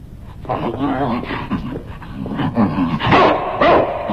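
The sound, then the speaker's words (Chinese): A dog called Assassin (刺客) barks in a run of short, fairly loud yaps, the last two barks sharper and louder than the rest, with a whiny, tonal edge between them. “一个是只会汪汪叫的刺客，想找个说话的人都没有。”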